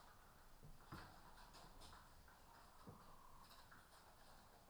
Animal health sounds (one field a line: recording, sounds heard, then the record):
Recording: poultry house recording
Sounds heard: healthy chickens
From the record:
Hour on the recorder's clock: 14